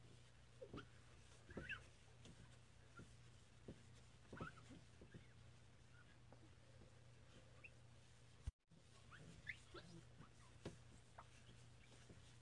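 Someone cleans a mirror, with short squeaky rubs and light taps scattered irregularly through the clip, some high and whine-like. A steady low hum runs underneath throughout, and the sound cuts out completely for a moment around eight and a half seconds.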